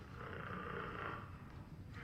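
A single drawn-out, rasping snore lasts just over a second, followed by the start of a second breath. It is acted snoring from a TV comedy, made by an adult who has dozed off while spying, with faint room sound behind it.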